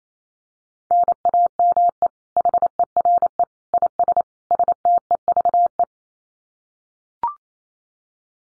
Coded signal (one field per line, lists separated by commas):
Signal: Morse code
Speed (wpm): 28 wpm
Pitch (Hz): 700 Hz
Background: none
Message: NAME HERE IS STEVE